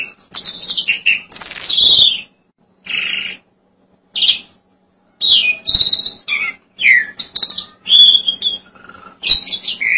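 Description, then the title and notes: Starling singing in scratchy bursts, mixing rasping buzzes, clicks and sharp whistled notes separated by short silences. "suara burung jalak"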